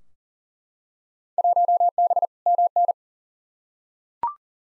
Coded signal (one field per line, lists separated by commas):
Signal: Morse code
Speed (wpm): 40 wpm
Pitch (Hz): 700 Hz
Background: none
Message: 1B MN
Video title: Field Day Exchange v2 - 40wpm